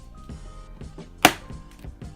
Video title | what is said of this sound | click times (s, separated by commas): How to get Plastic Containers for FREE. DIY Recycle Reuse. Don't pay for conatiners at a store. | Hear the snap? That means that this is still gonna keep an air seal tightness. | 1.2 s